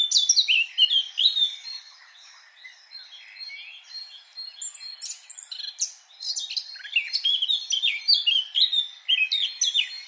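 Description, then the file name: Eurasian blackcap song: loud warbled phrase, a softer chattering interlude, then another vigorous run of clear, varied notes. "Sylvia atricapilla"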